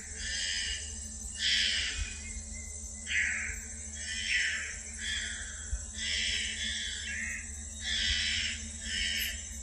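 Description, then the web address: Bornean bristlehead calling in rasping, broad-toned bursts that come in irregular clusters, against constant high insect noise and a low steady hum. Recorded in Danum Valley, Borneo, on 27 March 2007. "DANUM 20070327 bristlehead"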